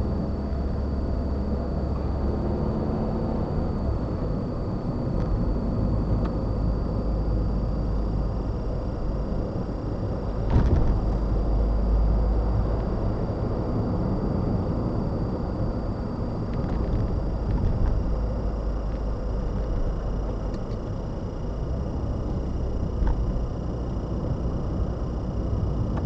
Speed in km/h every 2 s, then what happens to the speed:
56, 58, 56, 55, 55, 61, 63, 60, 56, 52, 47, 45, 48.
0-8 steady at about 56. 8-10 speeds up to 61. 13-20 slows to 47. 20-26 steady at about 47.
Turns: none.